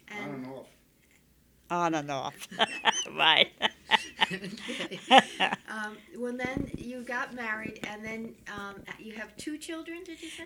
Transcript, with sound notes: On and off.
On and off. ( she laughs ) Right.
Well, then you got married, and then, you have two children, did you say?